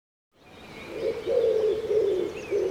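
Common Wood Pigeon coos: a run of low, throaty hooting notes starting after a moment of silence, with faint thin bird calls higher up.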